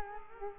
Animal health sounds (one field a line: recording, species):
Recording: mosquito wingbeat signal from an infrared sensor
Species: Culex quinquefasciatus